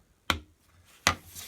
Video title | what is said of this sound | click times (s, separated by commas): Mora Bushcraft VS. Mora 2000: Which One Wins in the Woods? | so that clicks into place and this rides nicely on a belt again nothing too fancy about this | 0.3 s, 1.1 s